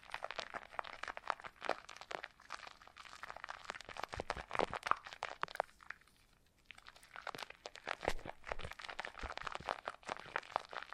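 Foam being squeezed and rubbed makes a dense run of crunchy crackles and squeaky scratches, bright and uneven in pace. The rustling thins out and nearly stops around the sixth second, then picks back up just as busily until the end.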